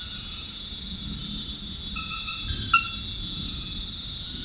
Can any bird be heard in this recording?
no